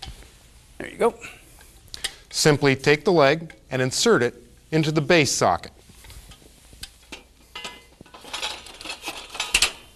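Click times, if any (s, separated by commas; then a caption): 9.5 s. A front leg of a Genie portable material lift is inserted into the metal base socket, and the spring locking pin on the back is pulled and released while someone talks. Light metallic knocks and scrapes sound throughout. A sharp metallic snap at 9.5 s marks the pin engaging as the leg locks into place.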